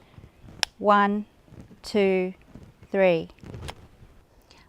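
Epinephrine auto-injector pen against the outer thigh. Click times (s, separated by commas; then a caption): 0.6 s. An epinephrine auto-injector pen is pressed against the outer mid-thigh through jeans and clicks on activation with one sharp, loud hit at 0.6 s. It is then held in place while someone talks, counting out three seconds in three voiced bursts.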